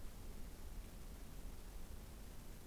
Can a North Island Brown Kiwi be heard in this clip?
no